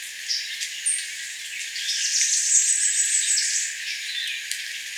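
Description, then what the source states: Bananaquit giving a thin, very high buzzy series of rapid ticking notes, with scattered faint clicks and hiss around it. Spanish Lagoon, Aruba, January 2005.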